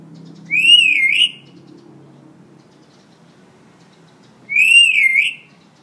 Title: Suara Burung Beo Gacor Cocok Untuk Masteran